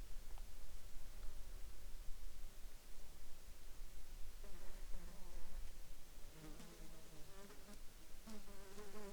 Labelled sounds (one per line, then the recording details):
insects
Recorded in the Arctic National Wildlife Refuge, Alaska, on 27 July 2021 at 13:48
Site 35